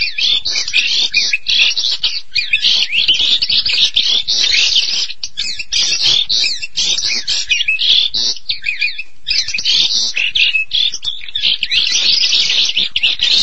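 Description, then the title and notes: Starling song, long bursts of high, scratchy chatter and whistled notes, broken by short silences around five and nine seconds. "suara burung jalak"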